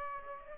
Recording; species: mosquito wingbeat signal from an infrared sensor; Aedes aegypti